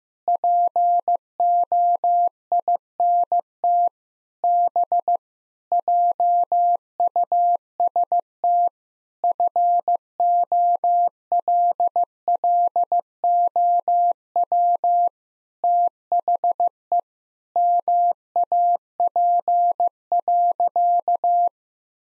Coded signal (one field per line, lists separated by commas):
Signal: Morse code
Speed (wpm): 15 wpm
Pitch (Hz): 700 Hz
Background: none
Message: POINT B JUST FOLLOW THE MAP.